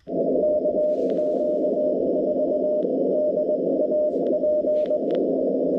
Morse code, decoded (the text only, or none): KQ4DAP